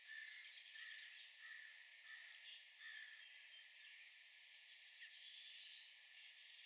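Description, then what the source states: American redstart singing one short phrase of high, thin, rapidly repeated notes, followed by faint scattered softer notes. Recorded on 20 June 2020.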